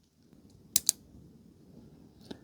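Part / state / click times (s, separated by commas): plastic case halves of a quartz clock movement / seated / 0.8 s, 0.9 s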